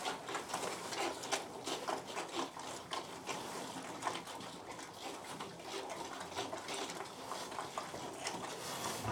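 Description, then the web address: Pig feeding, a steady stream of crunchy chomping and snuffling clicks with irregular louder bursts throughout. Domestic pig feeding, recorded at close perspective. "BBC Sound Effects Library Livestock Close Perspective Of Pig Feeding"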